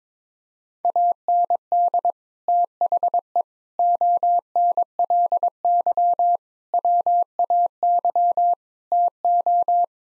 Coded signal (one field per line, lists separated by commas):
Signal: Morse code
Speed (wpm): 22 wpm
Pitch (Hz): 700 Hz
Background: none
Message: AND THE ONLY WAY TO